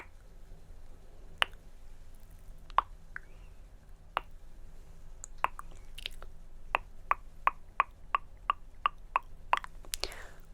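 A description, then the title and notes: Tongue clicking in sharp, crisp pops, sparse at first with a click every second or so, then speeding into a steady, evenly spaced run of about three per second after the six-second mark. Soft wet mouth sounds slip in between, over a faint low hum. ASMR Tongue Clicking & Personal Attention.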